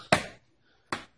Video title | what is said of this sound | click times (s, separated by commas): Toshiba Satellite 17T-B How to Remove the Bottom Panel to access Hardware | you should hear the clicking of the clips | 0.1 s, 0.9 s